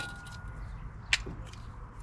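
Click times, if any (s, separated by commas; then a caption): 1.1 s. A stamped-metal rear brake caliper bracket abutment (anti-rattle) clip on a 2011-2019 Ford Explorer is pressed back into the bracket. It snaps into place with a sharp, bright metallic click at 1.1 s over a low steady background, followed by a faint tick at 1.5 s. The clip is seated.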